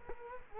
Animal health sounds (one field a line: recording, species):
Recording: mosquito wingbeat signal from an infrared sensor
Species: Culex quinquefasciatus